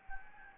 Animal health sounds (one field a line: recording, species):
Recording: mosquito wingbeat signal from an infrared sensor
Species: Anopheles gambiae